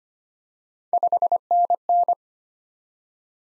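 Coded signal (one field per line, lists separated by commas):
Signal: Morse code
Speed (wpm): 25 wpm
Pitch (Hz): 700 Hz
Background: none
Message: 5NN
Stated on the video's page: Morse code head-copy practice at 25 wpm of common QSO elements, each sent, spoken, then sent again.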